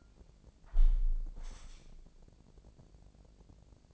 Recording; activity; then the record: daily activity, microphone in the room; close window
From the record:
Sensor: 5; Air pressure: 1012.3 hPa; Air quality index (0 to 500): 160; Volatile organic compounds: 2 ppm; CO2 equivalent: 1088 ppm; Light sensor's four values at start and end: 69/167/69/73 and 69/167/69/73